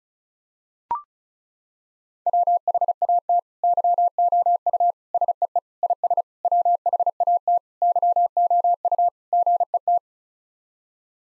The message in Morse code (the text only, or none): WHAT YOU SEE IS WHAT YOU GET